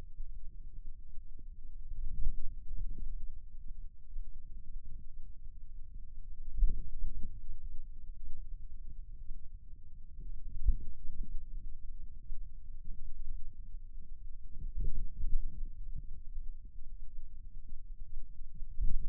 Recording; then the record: forearm muscle sounds (acoustic myography)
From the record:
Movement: ulnar deviation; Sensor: system 2, bracelet of six BSWA MPA416 microphones around the upper forearm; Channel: 1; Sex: male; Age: 22 years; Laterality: right